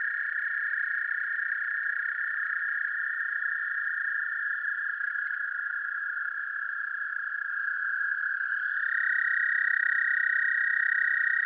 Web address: Dan Gibson's Solitudes Frog Song. American Toad